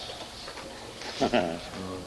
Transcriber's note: chuckles